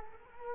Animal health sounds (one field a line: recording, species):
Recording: mosquito wingbeat signal from an infrared sensor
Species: Culex quinquefasciatus